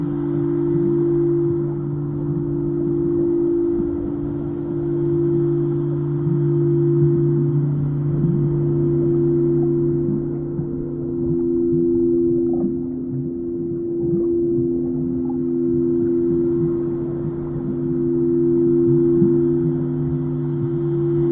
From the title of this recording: soundscape singing bowls, deep sea healing on the Great Barrier Reef